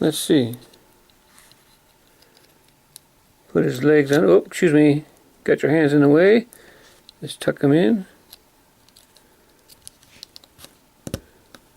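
A plastic Lego Series 3 minifigure, its legs bent, is handled as it is positioned to be pressed down onto a stud on another plastic brick piece. Someone talks in bursts while faint handling noises and a few sharp plastic taps sound near 3.0, 9.9, 10.2 and 11.1 seconds. The figure has not snapped on or seated yet when the clip ends.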